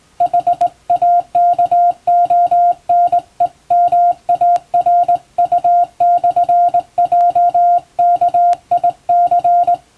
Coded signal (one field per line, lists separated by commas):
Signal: Morse code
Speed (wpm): 19 wpm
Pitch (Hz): 700 Hz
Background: music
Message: HAKONEMARU/JKIC